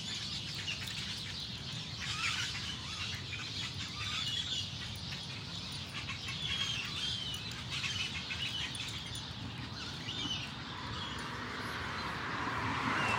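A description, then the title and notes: A night walk with a dog through a Phoenix, Arizona neighborhood, with a steady low rumble and a busy wash of upper-range sound throughout. Faint bird-like chirps flicker above it, and near the end a brighter rushing sound swells, like a passing vehicle. Walking the dog at night through my neighborhood in Phoenix Arizona. Join me and my dog on a cool evening walk around our neighborhood.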